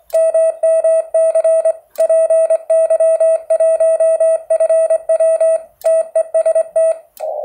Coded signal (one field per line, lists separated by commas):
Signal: Morse code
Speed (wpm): 23 wpm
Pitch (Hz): 660 Hz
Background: none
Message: MMC PY1FW TEST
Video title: MMC Contest QRP 5w , Antena Loop Retângulo Amazing #PY1FW